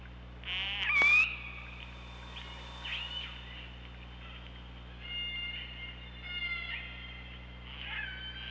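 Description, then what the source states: Killer whale: orca calls: a loud sharp rising call with a clicky burst, followed by several softer harmonic calls spaced a second or two apart over underwater hum. Recorded with the OrcaLab hydrophone on 24 August 2017 at 15:19.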